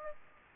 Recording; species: mosquito wingbeat signal from an infrared sensor; Aedes aegypti